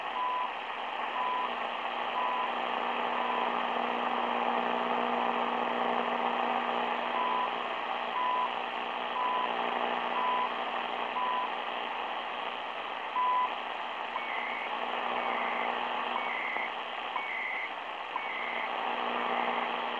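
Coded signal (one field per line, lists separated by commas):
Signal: radio time signal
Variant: CHU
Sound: faint 1 kHz ticks each second buried in loud shortwave hiss, a few short higher beeps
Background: radio static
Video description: Radio Station CHU. National Research Council of Canada. Radio estación de Señal Horaria.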